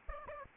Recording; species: mosquito wingbeat signal from an infrared sensor; Aedes aegypti